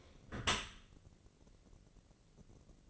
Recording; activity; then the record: daily activity, microphone in the room; close dishwasher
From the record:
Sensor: 4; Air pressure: 1013.2 hPa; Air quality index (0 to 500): 170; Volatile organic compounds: 2 ppm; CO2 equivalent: 1075 ppm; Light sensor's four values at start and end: 80/199/83/85 and 80/198/83/84